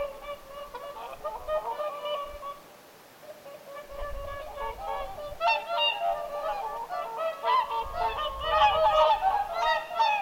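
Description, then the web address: Whooper swan flock bugling: steady honks at first, a brief pause, then a louder, busier chorus of overlapping calls. Several whooper swans calling at Lintulahti on 6 November 2025. "paivat 6 11 2025 laulujoutsenten aantelya lintulahdella"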